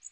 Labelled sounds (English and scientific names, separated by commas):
Magnolia Warbler (Setophaga magnolia) flight call